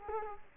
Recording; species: mosquito wingbeat signal from an infrared sensor; Culex quinquefasciatus